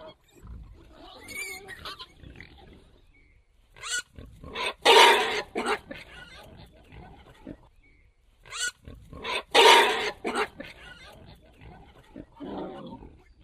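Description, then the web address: Wild boar giving rasping grunts, with two loud harsh squealing bursts about five seconds apart and quieter grunting between them. Contact call of a wild boar. "kontakt wildschwein"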